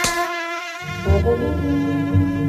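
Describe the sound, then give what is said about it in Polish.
A mosquito buzzes in a thin, high-pitched whine that holds steady for a couple of seconds. A lower droning layer joins partway through, and no one speaks. “Najczęściej dopadają nas wieczorem, no i wtedy zaczyna się polowanie.”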